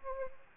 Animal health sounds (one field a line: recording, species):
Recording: mosquito wingbeat signal from an infrared sensor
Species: Anopheles arabiensis